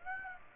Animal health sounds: mosquito wingbeat signal from an infrared sensor; Aedes aegypti

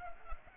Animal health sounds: mosquito wingbeat signal from an infrared sensor; Culex pipiens

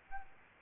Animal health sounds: mosquito wingbeat signal from an infrared sensor; Aedes albopictus

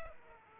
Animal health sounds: mosquito wingbeat signal from an infrared sensor; Aedes aegypti

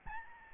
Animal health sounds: mosquito wingbeat signal from an infrared sensor; Aedes albopictus

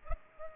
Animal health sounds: mosquito wingbeat signal from an infrared sensor; Culex pipiens

